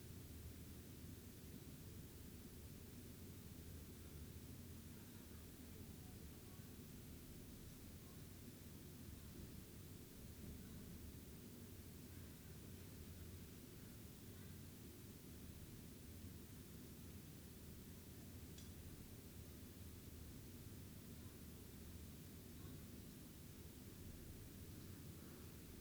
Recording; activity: daily activity, guitar pickup as the sensor; lie down